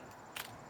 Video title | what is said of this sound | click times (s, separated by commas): Safely Loading and Holstering Pistol - CCW training NY NJ MD CA IL HI | put the magazine in there make sure you make sure you get that click if you need to check it plug on it all right | 0.4 s